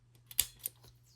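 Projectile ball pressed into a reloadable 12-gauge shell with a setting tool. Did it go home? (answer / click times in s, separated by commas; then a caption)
yes / 0.4 s. A hand push-punch setting tool presses a projectile ball down into a reloadable 12-gauge less-lethal shell until the tool clicks at its factory-set depth. A faint tick comes at 0.3 s, then a sharp, loud click at 0.4 s, followed by a softer tap at 0.7 s. The ball is seated at the proper depth.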